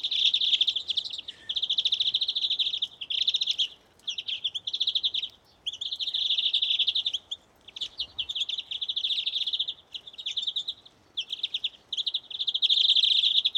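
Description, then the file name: European greenfinch singing continuous rippling trills in short phrases broken by brief gaps, with occasional sharp higher notes. "Chloris chloris"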